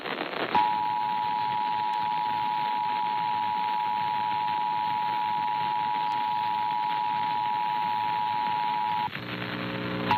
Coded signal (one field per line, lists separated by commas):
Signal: Emergency Alert System (SAME) tones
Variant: 853 and 960 Hz attention tone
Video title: Massachusetts Monthly Test on WWLP-DT2 (9/3/2024) (EAS #145)